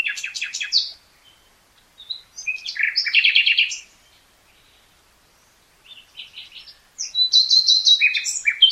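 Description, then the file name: Common nightingale song: rapid repeated notes, a rich churring series, silence, then quick varied whistled phrases. "Luscinia megarhynchos"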